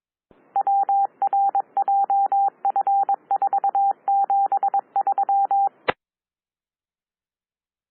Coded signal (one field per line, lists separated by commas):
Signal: Morse code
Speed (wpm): 22 wpm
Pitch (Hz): 790 Hz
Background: radio noise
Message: WRJF473